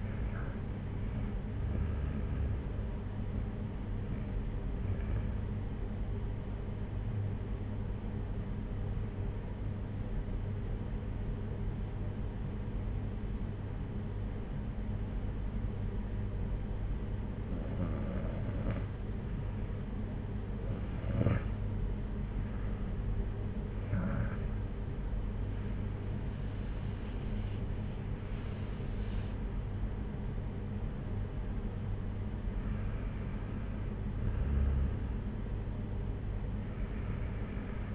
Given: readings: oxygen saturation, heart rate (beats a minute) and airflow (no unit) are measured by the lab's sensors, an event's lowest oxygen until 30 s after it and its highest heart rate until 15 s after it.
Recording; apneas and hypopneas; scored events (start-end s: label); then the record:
breathing in sleep by a smartphone at the bedside; 1
6.00-19.30 s: hypopnea (REM, oxygen 94% highest, then 91% lowest, heart rate 57 at the start, 71 highest)
21.00-37.95 s: new sleep stage, N1 (lightest sleep)
From the record:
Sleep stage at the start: REM sleep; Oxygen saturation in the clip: 90 to 95%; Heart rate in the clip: 56 to 71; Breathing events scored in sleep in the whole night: 226 in 8.8 hours asleep